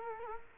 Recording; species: mosquito wingbeat signal from an infrared sensor; Culex quinquefasciatus